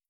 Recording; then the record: hydrophone in a shrimp aquaculture tank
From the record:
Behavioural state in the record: starved